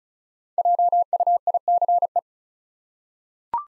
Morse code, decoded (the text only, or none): JUICE